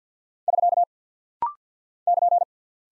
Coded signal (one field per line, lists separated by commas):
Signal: Morse code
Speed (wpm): 50 wpm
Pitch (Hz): 700 Hz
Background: none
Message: <SK> <KN>